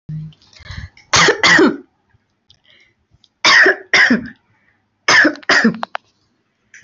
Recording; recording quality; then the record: heavy voluntary cough; excellent, no background noise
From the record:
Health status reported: healthy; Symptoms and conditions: none ticked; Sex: female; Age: 23 years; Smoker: not ticked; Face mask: not worn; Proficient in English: yes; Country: India